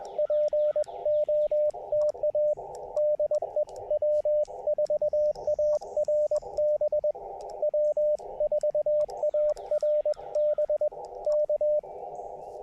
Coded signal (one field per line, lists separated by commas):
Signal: Morse code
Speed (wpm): 21 wpm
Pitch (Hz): 600 Hz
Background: radio noise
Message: POTA DE W4ARB W4ARB K